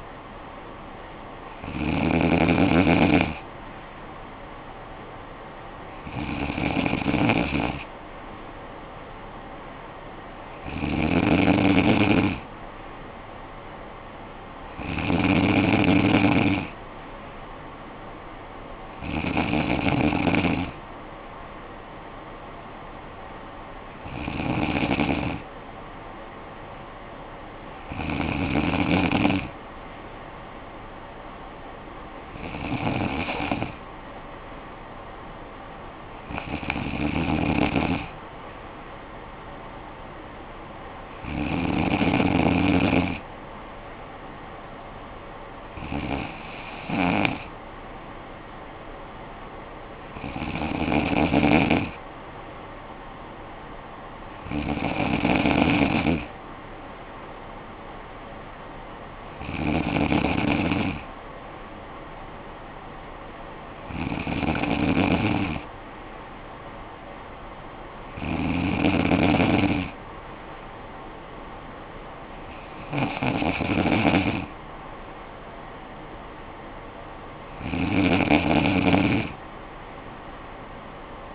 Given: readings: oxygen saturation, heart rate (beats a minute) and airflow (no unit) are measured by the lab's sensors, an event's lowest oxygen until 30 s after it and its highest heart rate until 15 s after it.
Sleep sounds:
breathing in sleep by a voice recorder at the bedside; none
none scored
From the record:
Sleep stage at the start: N3 (deep sleep); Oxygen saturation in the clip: 94 to 95%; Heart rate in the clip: 52 to 58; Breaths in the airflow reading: 18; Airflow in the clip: -9.5 to 6.2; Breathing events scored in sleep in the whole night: 445 in 7.6 hours asleep

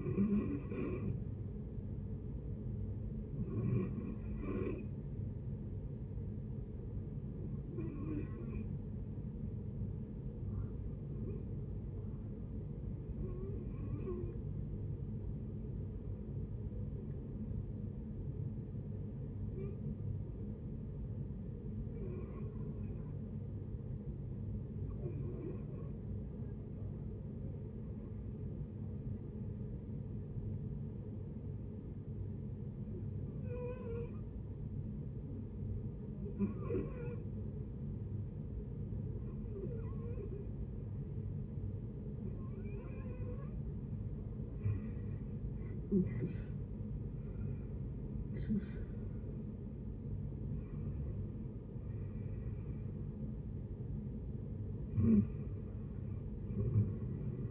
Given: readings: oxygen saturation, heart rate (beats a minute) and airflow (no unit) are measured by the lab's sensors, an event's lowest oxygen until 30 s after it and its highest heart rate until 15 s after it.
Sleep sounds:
breathing in sleep by a smartphone at the bedside; 1
2.00-57.50 s: new sleep stage, REM sleep
7.00-40.80 s: hypopnea (REM, oxygen 93% highest, then 70% lowest)
From the record:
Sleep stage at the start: N1 (lightest sleep); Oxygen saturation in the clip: 70 to 93%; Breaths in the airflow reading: 15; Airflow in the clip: -12.2 to 13.5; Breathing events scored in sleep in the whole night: 496 in 5.4 hours asleep

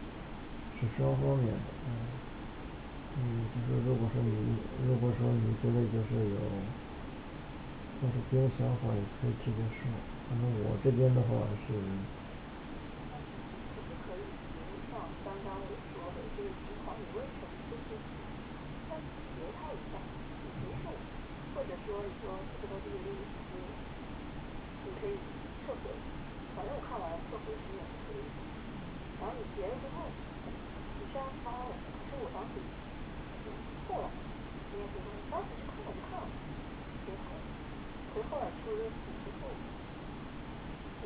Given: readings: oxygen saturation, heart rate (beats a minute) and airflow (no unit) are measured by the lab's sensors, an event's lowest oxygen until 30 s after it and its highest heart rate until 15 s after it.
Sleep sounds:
a person awake in a sleep study, by a voice recorder at the bedside; none
0.00-41.06 s: awake
From the record:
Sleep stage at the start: awake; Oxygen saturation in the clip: 95 to 97%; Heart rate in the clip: 66 to 69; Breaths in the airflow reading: 12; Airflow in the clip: -4.9 to 6.1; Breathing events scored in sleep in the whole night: 216 in 7.0 hours asleep

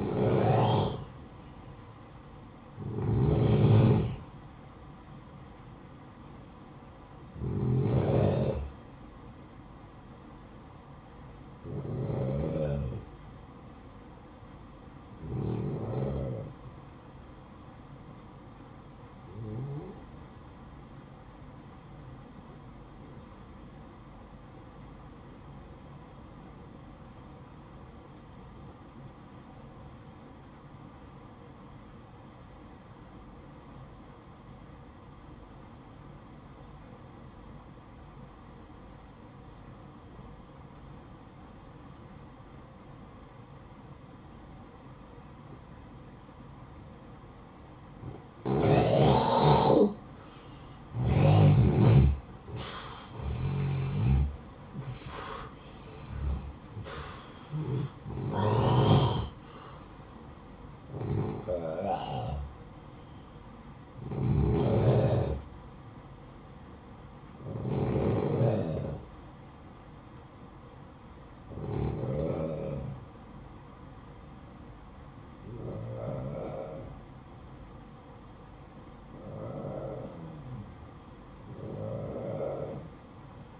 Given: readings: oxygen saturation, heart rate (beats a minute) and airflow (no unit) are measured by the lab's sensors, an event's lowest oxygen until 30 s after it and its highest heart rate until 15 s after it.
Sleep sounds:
breathing in sleep by a smartphone at the bedside; 1
24.00-48.40 s: obstructive apnea (N1, oxygen 96% highest, then 89% lowest, heart rate 57 at the start, 73 highest)
From the record:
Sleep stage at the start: N1 (lightest sleep); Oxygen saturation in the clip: 86 to 96%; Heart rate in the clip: 53 to 73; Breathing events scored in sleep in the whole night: 573 in 9.8 hours asleep

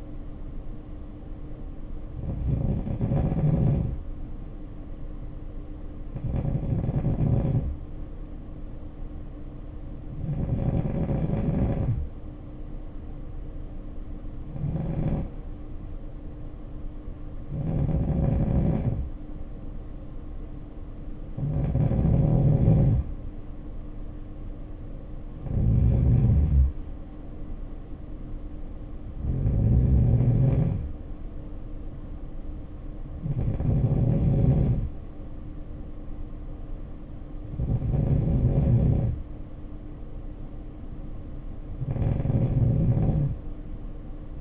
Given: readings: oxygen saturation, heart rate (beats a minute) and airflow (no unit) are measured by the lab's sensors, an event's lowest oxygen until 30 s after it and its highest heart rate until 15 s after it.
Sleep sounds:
breathing in sleep by a smartphone at the bedside; 1
5.00-23.70 s: hypopnea (N2, oxygen 94% highest, then 91% lowest, heart rate 57 at the start, 66 highest)
From the record:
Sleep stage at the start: N2 (light sleep); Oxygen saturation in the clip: 90 to 94%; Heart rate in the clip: 53 to 66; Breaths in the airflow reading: 11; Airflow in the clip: -6.1 to 5.1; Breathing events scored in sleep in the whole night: 520 in 7.2 hours asleep

